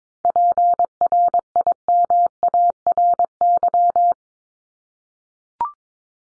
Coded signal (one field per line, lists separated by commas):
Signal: Morse code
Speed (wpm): 22 wpm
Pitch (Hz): 700 Hz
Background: none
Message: PRIMARY